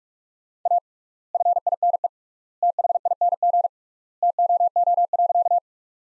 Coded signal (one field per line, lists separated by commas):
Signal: Morse code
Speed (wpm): 46 wpm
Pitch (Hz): 700 Hz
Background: none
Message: A FINE THING TOO.